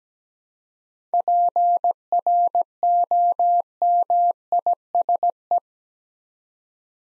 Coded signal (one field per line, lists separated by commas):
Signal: Morse code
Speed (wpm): 17 wpm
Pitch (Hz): 700 Hz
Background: none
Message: PROMISE